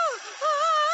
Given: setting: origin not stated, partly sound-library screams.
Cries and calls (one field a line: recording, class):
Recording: one-second piece from a danger detection set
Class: woman in danger